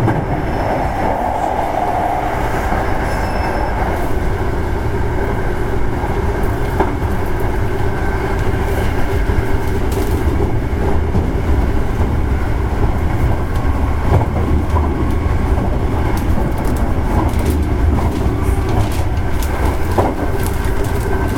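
A train running along the track, a steady low rumble with a humming tone and faint rhythmic clatter underneath. The sound stays dense and even for the whole stretch, with occasional light clicks and a brief brighter whine near the start.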